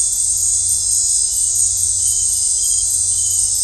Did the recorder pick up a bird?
no